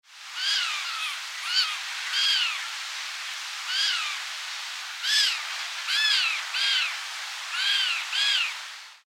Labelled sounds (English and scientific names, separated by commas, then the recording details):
European Roller (Coracias garrulus)
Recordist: Tembrock, Günter
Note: Flügger Jungvogel: Lautfolgen